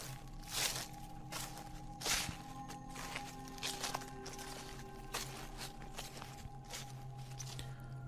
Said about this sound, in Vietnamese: ở bên ngoài có tiếng bước chân dẫm lên cành lá mục, loạt xoạt vang lên.